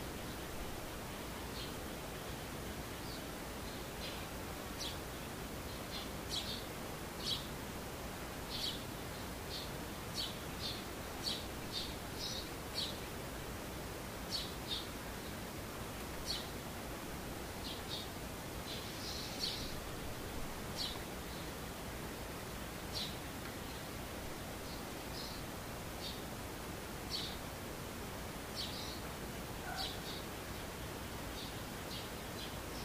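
Birds call over a steady, dense hiss that fills the whole clip evenly from low to high. Short, bright chirps and ticks pop out every second or so, clustering more thickly from about six to twenty seconds, with a few louder notes near nineteen seconds.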